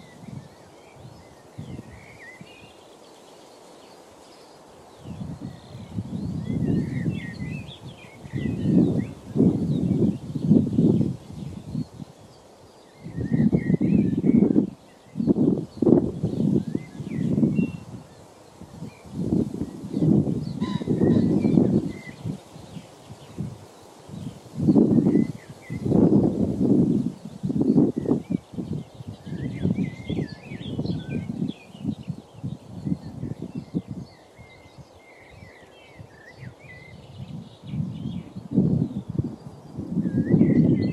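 Gusts of hot summer wind buffet in low, rumbling bursts after a quiet first five seconds, easing briefly around 13 and 35 seconds before picking up again. Faint, scattered chirps sit high above the wind throughout.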